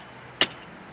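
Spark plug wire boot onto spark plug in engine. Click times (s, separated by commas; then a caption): 0.4 s. A spark plug wire boot with silicone paste inside the rubber boot is pressed down over the spark plug in the valve cover tube of a 1993–1997 Toyota Corolla/Celica engine. Against a quiet background, a single sharp, bright click sounds at 0.4 s as the boot's metal terminal snaps onto the plug tip. The boot is seated on the plug.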